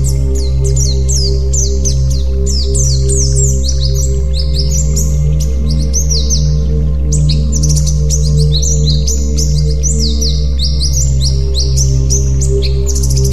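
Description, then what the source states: White-eye pouring out dense, continuous high twittering, quick slurred chirps packed tightly together, over a persistent low hum. 'Terapi' (therapy) recording of white-eye song.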